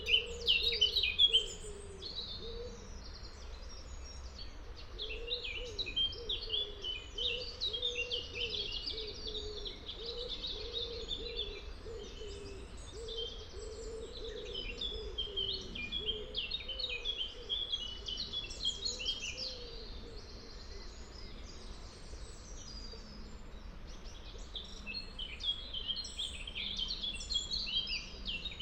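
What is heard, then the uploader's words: Birdsong runs through the whole clip, with busy, bright chirps and twittering trills layered thickly from start to finish. Beneath it, a steady low rush of flowing moorland water holds constant, and a repeated mid-pitched call recurs every second or so. Forest ravine. This precipitous place, high in the Derbyshire hills, flows with birdsong and fresh moorland water. It's aural presence is made almost entirely of natural things. Below that, the fresh flowing water of Todd Brook, babbling its way shallowly, filling the air with delicate soft white noise.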